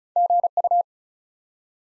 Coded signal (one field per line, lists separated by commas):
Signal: Morse code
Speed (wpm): 36 wpm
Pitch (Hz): 700 Hz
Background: none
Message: GU